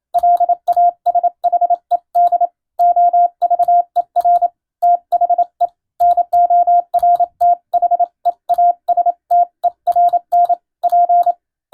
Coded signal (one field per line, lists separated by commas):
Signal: Morse code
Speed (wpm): 27 wpm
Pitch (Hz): 700 Hz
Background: none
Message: LASHED OVER THE NORTHEASTERN P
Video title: 懐かしいなぁ、モールス信号！モールスを教える専門学校がありました！国家試験に準じた欧文無線電報です。今でも国家試験があります。アマチュア無線の受信練習にどうぞ morse code practice